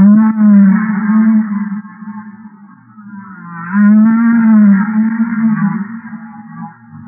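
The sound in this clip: Humpback whale calls, two long harmonic moaning phrases with a steady low drone and wavering upper tones.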